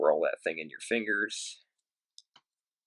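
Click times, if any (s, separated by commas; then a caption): 2.2 s. Someone talks for about a second and a half while handling a traditional slip-joint folding knife, cycling its metal blade into its handle against the backspring. After a pause, the blade snaps into its open or closed position with a sharp click at 2.2 s, followed by a fainter tick at 2.4 s.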